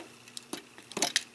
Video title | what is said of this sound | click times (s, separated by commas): Masterpiece Prowl Review | bring them forward a little bit until they click. | 1.2 s